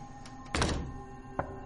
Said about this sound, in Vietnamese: Vũ nghe ở bên ngoài như có tiếng gõ cửa.